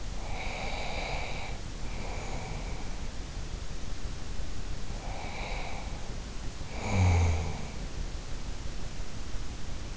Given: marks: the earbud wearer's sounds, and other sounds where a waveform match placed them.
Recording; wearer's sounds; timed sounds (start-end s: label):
sounds in sleep by an in-ear microphone; breath, snoring breath
0.00-2.97 s: breath
4.82-7.88 s: snoring breath